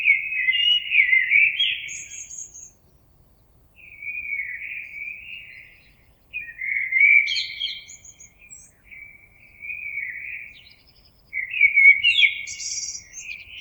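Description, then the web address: Common blackbird singing mellow, warbled phrases of about two seconds, some ending in a thin, high twitter, with short silent gaps between phrases. Recorded on 26 April 2022. "oiseaux Merle 2022 04 26"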